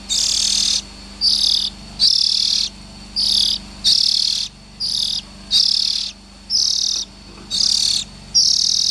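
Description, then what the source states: Oriental magpie-robin giving harsh, hissing rasps of uneven length, repeated in an uneven series with short gaps between them. Young birds.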